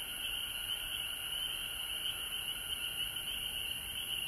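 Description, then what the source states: Frog chorus, a dense high-pitched wash that stays even, with no gaps. Several frogs recorded at home in Georgia on March 19, 2020.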